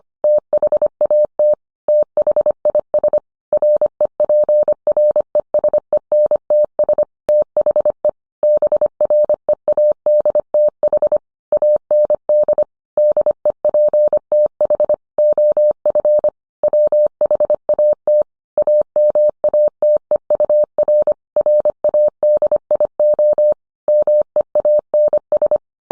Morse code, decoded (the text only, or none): THAT THIS REPRESENTS THE BREADTH AND DEPTH OF WHAT AMATEUR RADIO MEANS